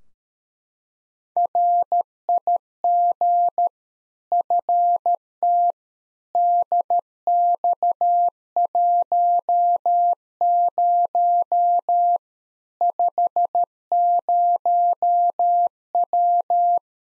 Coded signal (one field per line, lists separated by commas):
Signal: Morse code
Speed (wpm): 13 wpm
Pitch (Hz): 700 Hz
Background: none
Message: RIG FT DX10 50W